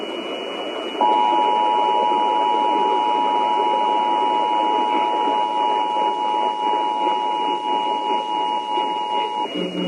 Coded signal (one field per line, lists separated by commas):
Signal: Emergency Alert System (SAME) tones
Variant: 853 and 960 Hz attention tone